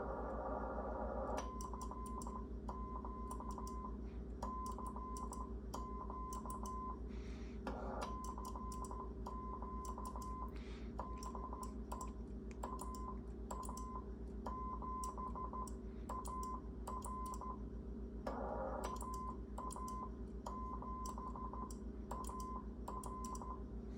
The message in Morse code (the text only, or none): CQ CQ CQ DE AA7AR AA7AR